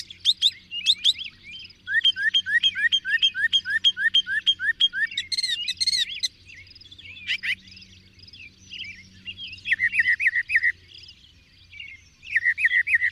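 Birdsong of quick chirping notes that break into a tangle of sharp calls, pause, then return as short bursts of slurred notes; a steady low hum runs throughout.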